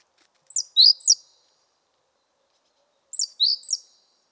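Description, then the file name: Great tit calls: two quick bursts of three sharp, high chirping notes, the bursts about two and a half seconds apart, over a quiet background. "Parus major"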